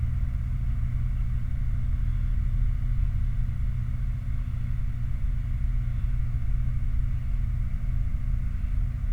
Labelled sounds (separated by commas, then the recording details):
machinery, flare stack
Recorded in the Prudhoe Bay oil fields, Alaska, on 29 July 2019 at 09:58
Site 29